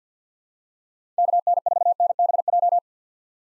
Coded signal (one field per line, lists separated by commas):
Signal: Morse code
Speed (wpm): 49 wpm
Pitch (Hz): 700 Hz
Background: none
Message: KN4NBJ